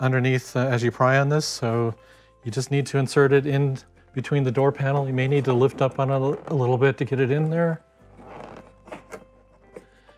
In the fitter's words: pry upward and you hear it pop like that as the clips release